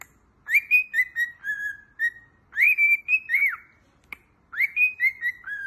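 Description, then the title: Cockatiel whistled song, phrases that swoop up then glide down through several linked whistles, repeated three times. Several cockatiels singing and whistling. "Calopsitas Cantando Assobio"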